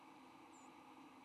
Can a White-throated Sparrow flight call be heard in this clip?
no